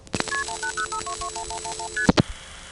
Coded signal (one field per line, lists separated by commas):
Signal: multi-frequency trunk signalling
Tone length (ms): 90 ms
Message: KP1805221111ST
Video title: Dialing the "1xx" Codes from Greenville NC Coin Phones part 2, 1978;1980